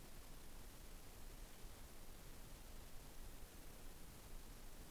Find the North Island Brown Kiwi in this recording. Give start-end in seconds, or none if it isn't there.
none